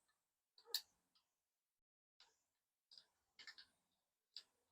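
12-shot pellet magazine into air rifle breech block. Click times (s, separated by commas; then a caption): 0.8 s, 4.4 s. A loaded 12-shot pellet magazine is fitted into the breech block of a BSA R12 SLX air rifle with a carbon bottle, where a small magnet locates it. A sharp click at 0.8 s and another at 4.4 s, with softer ticks between them around 2.2–3.6 s. The magazine seats in place.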